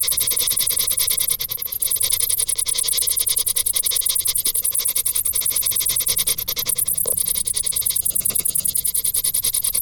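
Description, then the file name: Crickets keep up a constant shrill trilling of rapid pulses. "Grillen"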